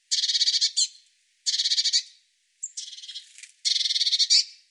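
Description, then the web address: Bird song: four buzzy, fast-pulsed phrases close together, the third starting with a short clear note, in an otherwise silent background. "Deverinetal"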